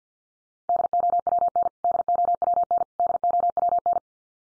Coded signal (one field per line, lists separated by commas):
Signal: Morse code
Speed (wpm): 50 wpm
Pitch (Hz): 700 Hz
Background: none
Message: DOWN DOWN DOWN